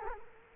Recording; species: mosquito wingbeat signal from an infrared sensor; Culex quinquefasciatus